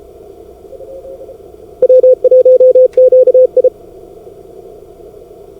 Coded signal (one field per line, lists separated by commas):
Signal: Morse code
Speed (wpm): 34 wpm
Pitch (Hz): 510 Hz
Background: none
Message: W1QI